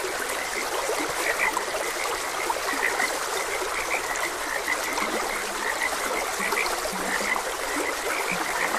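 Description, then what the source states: Frog calls in quick bright chirps at uneven intervals, joined by occasional low drawn-out croaks, set against continuously running water. Frogs croaking beside a gentle stream.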